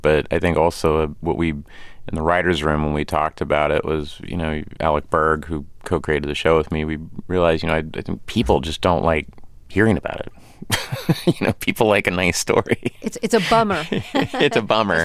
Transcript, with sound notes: But I think also what we - in the writers' room, when we talked about it was, you know, Alec Berg, who co-created the show with me, we realized, you know, people just don't like hearing about it (laughter) You know? People like a nice story (laughter)
It's a bummer (laughter)
(Laughter) It's a bummer.